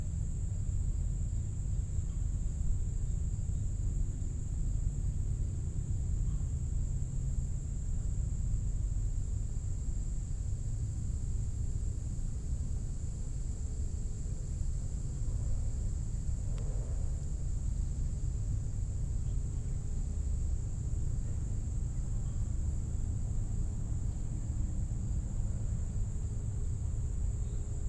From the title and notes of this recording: Gibraltar Bay Unit: Detroit River International Wildlife Refuge. Marsh and upland refuge on the site of a former Navy seaplane base and former NIKE missile base.